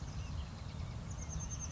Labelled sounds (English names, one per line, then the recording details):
Oak Titmouse
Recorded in Sonoma County, California